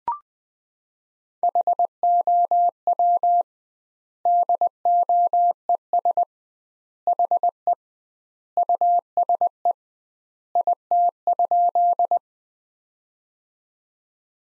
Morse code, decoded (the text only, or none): HOW DOES HE USE IT?